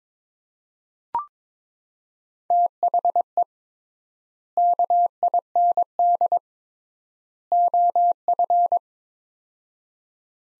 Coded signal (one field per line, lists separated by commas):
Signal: Morse code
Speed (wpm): 22 wpm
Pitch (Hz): 700 Hz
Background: none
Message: THE KIND OF